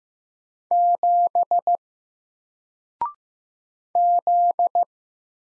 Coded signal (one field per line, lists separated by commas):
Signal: Morse code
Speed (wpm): 15 wpm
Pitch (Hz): 700 Hz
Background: none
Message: 7 Z